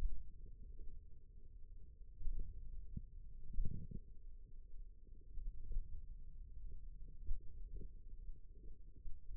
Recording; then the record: forearm muscle sounds (acoustic myography)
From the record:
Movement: finger pinch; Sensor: system 2, bracelet of six BSWA MPA416 microphones around the upper forearm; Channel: 3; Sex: male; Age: 22 years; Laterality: right